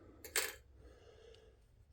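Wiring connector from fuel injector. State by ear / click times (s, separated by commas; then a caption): released / 0.2 s, 0.4 s. A wiring connector on a fuel injector of a Miata (MX5) is gripped, pushed in a little and flexed to release its lock. A sharp double hit sounds at 0.3 s and 0.4 s as the connector pops off the injector, followed by a faint tick near 1.4 s over low background hum. The connector is released from the injector.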